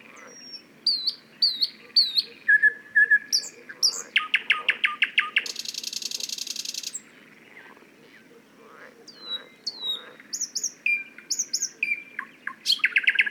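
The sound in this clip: Thrush nightingale delivering repeated whistled notes, rapid clicking series and a loud mechanical rattle, then fresh whistles after a pause.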